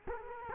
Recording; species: mosquito wingbeat signal from an infrared sensor; Culex quinquefasciatus